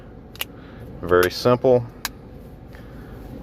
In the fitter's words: And now we're just going to snap everything back together.